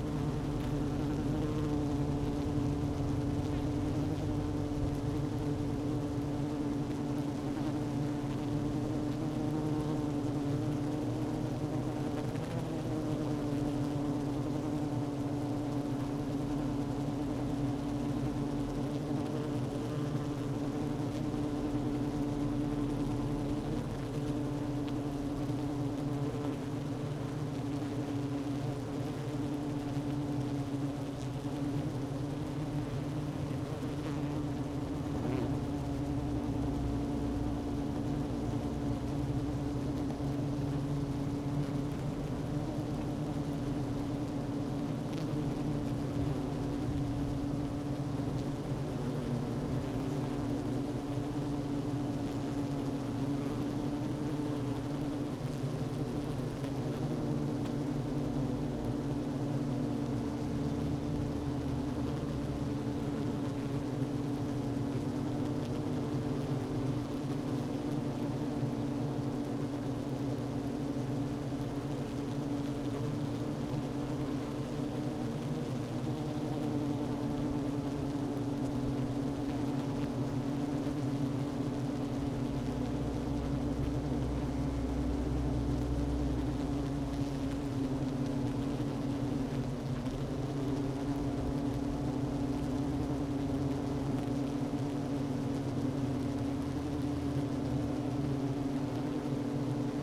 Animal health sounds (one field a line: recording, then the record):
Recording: honeybee colony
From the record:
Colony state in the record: active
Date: 12 June 2018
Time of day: 11:16